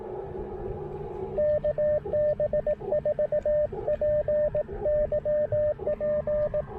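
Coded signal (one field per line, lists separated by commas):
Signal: Morse code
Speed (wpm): 18 wpm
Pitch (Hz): 590 Hz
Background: radio noise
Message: KB4PYP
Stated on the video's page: POTA portable QRP activation on the Pamlico Sound with Icom IC-705 transceiver and Elecraft AX1 antenna.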